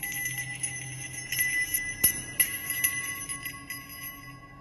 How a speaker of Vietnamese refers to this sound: Bất thần lúc ấy, ở bên ngoài gian chính bỗng nhiên vang lên tiếng chuông leng ca leng keng.